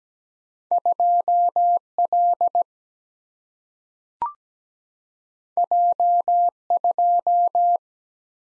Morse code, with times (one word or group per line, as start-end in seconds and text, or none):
0.7-1.8 2
2.0-2.6 L
5.6-6.5 J
6.7-7.8 2